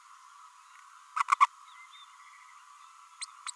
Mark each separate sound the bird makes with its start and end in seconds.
1.16-1.23, 1.31-1.34, 1.40-1.46, 3.47-3.50